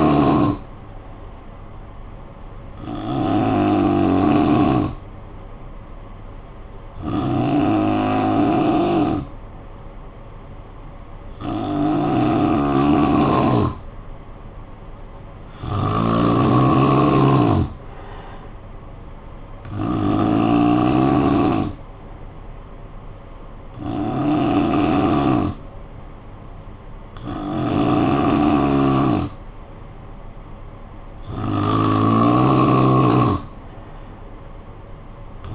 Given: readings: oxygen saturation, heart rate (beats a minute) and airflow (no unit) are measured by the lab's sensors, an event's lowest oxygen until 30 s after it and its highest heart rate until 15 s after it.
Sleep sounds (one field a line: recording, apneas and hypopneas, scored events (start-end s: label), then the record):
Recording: breathing in sleep by a smartphone at the bedside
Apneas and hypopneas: none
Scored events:
none scored
From the record:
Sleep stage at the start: N3 (deep sleep)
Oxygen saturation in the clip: 88 to 92%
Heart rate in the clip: 52 to 58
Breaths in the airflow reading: 9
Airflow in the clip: -12.1 to 4.4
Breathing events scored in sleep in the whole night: 445 in 7.6 hours asleep